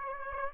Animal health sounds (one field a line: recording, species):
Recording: mosquito wingbeat signal from an infrared sensor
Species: Aedes aegypti